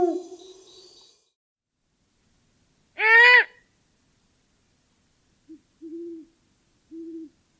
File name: Great Horned Owl Sounds